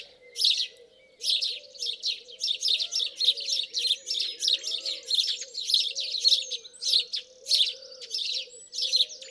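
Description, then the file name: House sparrow calls: dense, buzzy chirps tumbling quickly after a short pause, running continuously above a faint low wavering tone. "Passer domesticus"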